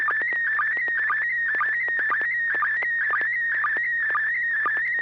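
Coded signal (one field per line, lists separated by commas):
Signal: SSTV (slow-scan television)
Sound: warbling tone around 1.9 kHz with regular short low blips and clicks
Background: low hum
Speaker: how did you copy that? And your comments, please, over. Well, that came over real well.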